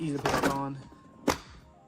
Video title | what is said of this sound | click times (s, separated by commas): Amazing Product Finds and Deals #amazonlive #founditonamazon | Clip it just like that, and then your pool vacuum is ready to go. | 1.3 s